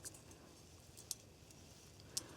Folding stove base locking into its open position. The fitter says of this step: Just pull down on the bottom here, it locks into place.